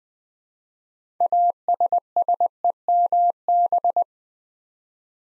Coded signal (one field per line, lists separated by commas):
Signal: Morse code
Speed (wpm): 20 wpm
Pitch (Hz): 700 Hz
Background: none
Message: ASSEMB